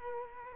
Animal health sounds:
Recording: mosquito wingbeat signal from an infrared sensor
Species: Culex quinquefasciatus

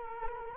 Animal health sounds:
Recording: mosquito wingbeat signal from an infrared sensor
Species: Culex quinquefasciatus

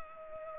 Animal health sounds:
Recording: mosquito wingbeat signal from an infrared sensor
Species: Culex pipiens

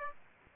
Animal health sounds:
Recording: mosquito wingbeat signal from an infrared sensor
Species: Aedes aegypti

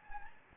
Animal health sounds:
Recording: mosquito wingbeat signal from an infrared sensor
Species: Anopheles gambiae

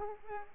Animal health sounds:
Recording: mosquito wingbeat signal from an infrared sensor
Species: Culex pipiens

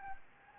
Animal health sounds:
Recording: mosquito wingbeat signal from an infrared sensor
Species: Anopheles gambiae

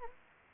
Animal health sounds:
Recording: mosquito wingbeat signal from an infrared sensor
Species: Anopheles gambiae

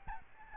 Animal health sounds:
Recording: mosquito wingbeat signal from an infrared sensor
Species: Aedes albopictus

